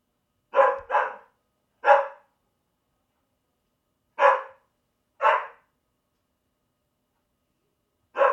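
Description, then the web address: Dog giving single and paired barks, spaced irregularly, with long quiet gaps between them; six barks heard. "Tom Hutchings Dog Barking 1"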